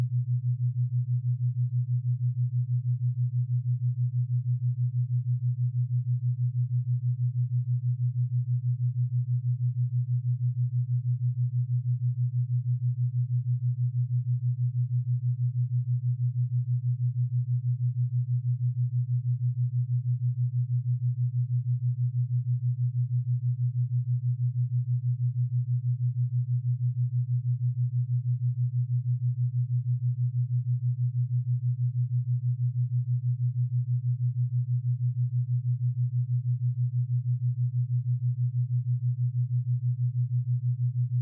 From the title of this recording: 6.22Hz Theta Binaural Beat & 126.22Hz Carrier Tone